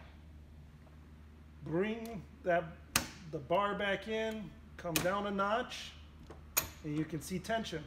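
A Stokes basket retention ratchet on a UTV rack is handled as its bar is brought back in and lowered a notch to put tension on it, with the ratchet strap tensioner clicking. Someone talks throughout, with a few short sharp taps between phrases. The clip ends before the part goes home, and nothing has seated yet.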